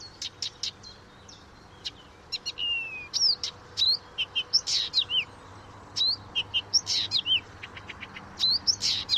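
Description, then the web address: Blyth's reed warbler song: a varied, unhurried string of high clicks, slurred whistles and buzzy notes, some repeated two or three times before switching. "chant didier collin rousserolle des buissons"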